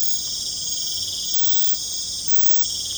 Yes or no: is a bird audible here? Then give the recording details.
no. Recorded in secondary vegetation near Puerto Asís, Putumayo, Colombia, on 26 December 2024 at 21:00. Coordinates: 0.499, -76.323. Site G010